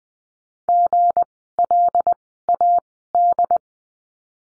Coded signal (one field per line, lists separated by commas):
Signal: Morse code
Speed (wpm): 20 wpm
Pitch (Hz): 700 Hz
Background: none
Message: GLAD